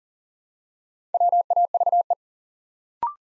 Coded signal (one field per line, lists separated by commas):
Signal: Morse code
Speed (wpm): 40 wpm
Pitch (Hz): 700 Hz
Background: none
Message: WAVE